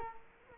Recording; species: mosquito wingbeat signal from an infrared sensor; Culex quinquefasciatus